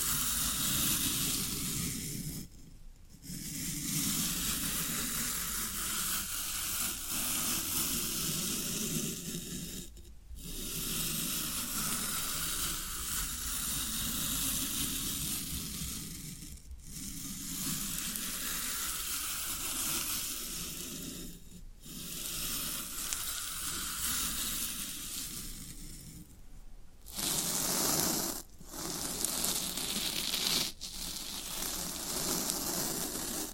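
Floral foam crackles and crunches in a dense, continuous sizzle-like texture, with a fuller low rustle beneath bright fizzing grit. The sound breaks off briefly every several seconds, near 3, 10, 17, 22 and 27 seconds, then resumes at a steady level.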